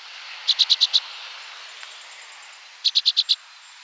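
Orchard oriole giving two brief rattled chatters of five crisp notes apiece, spaced about two seconds apart against a low steady hiss.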